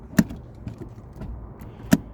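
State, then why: Seated. A 2004 Ford Focus gear shift lever is moved in its manual transmission gate and snaps into gear with sharp clicks at 0.2 s and 1.9 s, with soft mechanical rattling in between. The shifter is seated, snapping fully into position.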